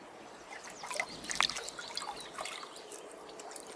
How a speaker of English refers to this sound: But what if I shut my eyes and then wash my face in the water? What if it'd be a kind of spell for Midsummer's day?